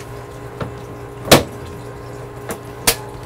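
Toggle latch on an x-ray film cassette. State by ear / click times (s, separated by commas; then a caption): seated / 1.3 s, 2.9 s. After being reloaded with unexposed film, an x-ray film cassette is closed and its toggle-switch latches are snapped shut over a steady low hum. A soft tap comes at 0.6 s, then the latches click sharply at 1.3 s and 2.9 s, showing they are latched shut.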